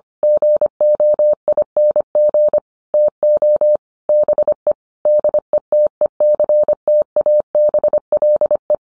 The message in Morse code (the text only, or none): GOING TO BE DETECTABLE